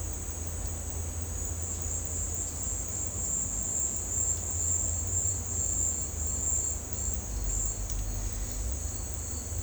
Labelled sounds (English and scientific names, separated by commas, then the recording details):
none
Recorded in dense forest near Puerto Asís, Putumayo, Colombia, on 18 December 2024 at 11:30
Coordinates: 0.466, -76.327
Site G075